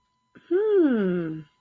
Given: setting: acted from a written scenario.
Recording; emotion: vocal sound without words; interest